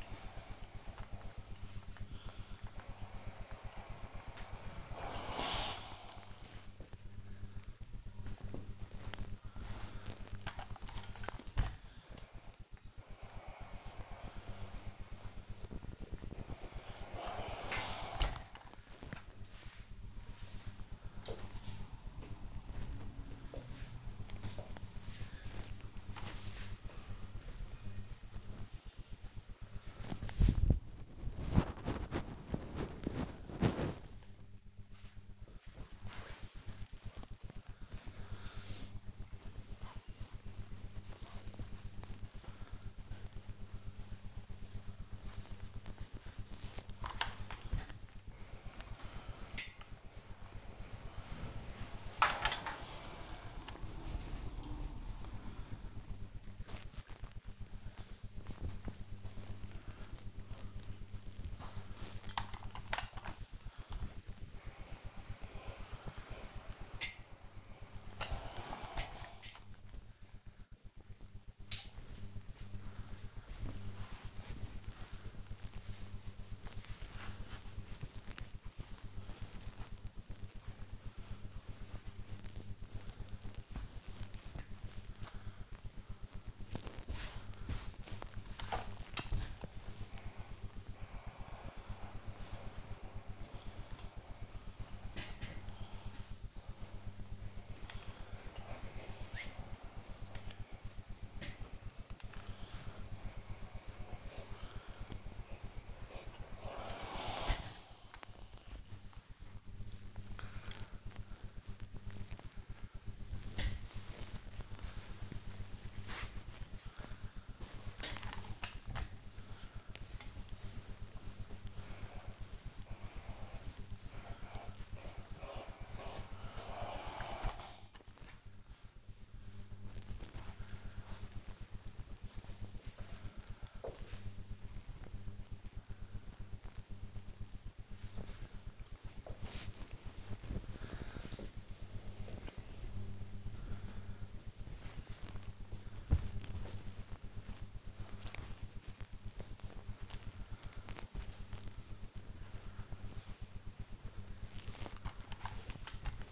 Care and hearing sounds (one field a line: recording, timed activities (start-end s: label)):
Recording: household activities, microphone on the right wrist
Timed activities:
0.00-20.67 s: ironing laundry
47.85-133.58 s: ironing laundry